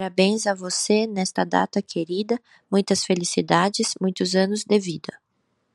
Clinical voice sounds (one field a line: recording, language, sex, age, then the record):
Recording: short text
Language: Brazilian Portuguese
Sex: female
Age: 20 to 29 years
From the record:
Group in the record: control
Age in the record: 29 years